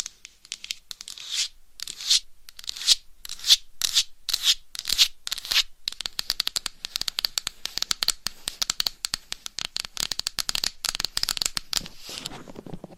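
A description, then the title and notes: Crisp scratching and tapping on objects, with bright hissy bursts. The first half has slower, separated strokes about twice a second; after six seconds the taps become rapid and dense, like quick fingernail flicks, easing into softer rubbing near the end. ASMR Scratching , Tapping & Massage with DIFFERENT Mics , Items & Nails No Talking.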